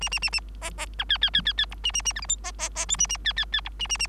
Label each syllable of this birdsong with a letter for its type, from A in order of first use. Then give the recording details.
A A A A B B C D D D D D E A A A F G H B B B I A A D D D E A A A. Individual Bird3